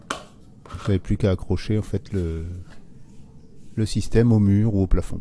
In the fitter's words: tournez et ça se verrouille fait